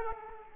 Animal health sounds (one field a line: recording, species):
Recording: mosquito wingbeat signal from an infrared sensor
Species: Aedes aegypti